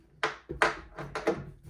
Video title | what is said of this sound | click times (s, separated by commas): How To Install IKEA Cabinet Doors & Hinges | then it clicks into place like that. | 0.6 s